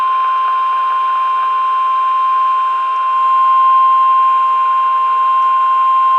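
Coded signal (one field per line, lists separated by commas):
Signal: Emergency Alert System (SAME) tones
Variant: 1050 Hz attention tone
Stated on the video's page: Tornado warnings from NOAA weather radio station KHA99.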